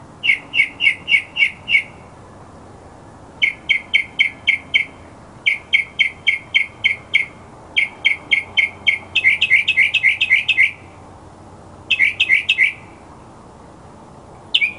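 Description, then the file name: Mockingbird song: bursts of several quick, bright chirped notes repeated in a series with short pauses between, then a denser, buzzier phrase. Mockingbird song recording presented as masteran, a tutor recording for training songbirds. "suara masteran mockingbird"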